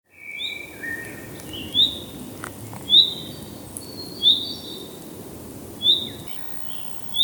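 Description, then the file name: Common chaffinch calling in brief high notes spaced roughly a second or more apart, over a soft hiss with a few fainter lower notes. "Fringilla coelebs"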